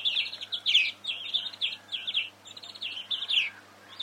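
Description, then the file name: European greenfinch giving rapid twittering chirps in quick bursts, high and bright, with a few brief pauses between phrases over steady faint background hiss. "Chloris chloris"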